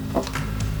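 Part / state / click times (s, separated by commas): plastic cockpit piece into a scale model motorbike body / not seated / none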